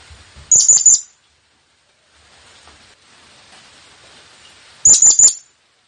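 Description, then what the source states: Blue-crowned hanging parrot uttering two brief clusters of shrill, high-pitched chirps, one near the start and one near the end, with quiet hiss between. Lure call used to attract the bird.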